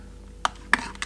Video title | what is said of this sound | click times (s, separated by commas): Nexx XD1 Helmet Review | pop that off and then in the Box you have this alternate piece so you have to undo this | 0.4 s, 0.7 s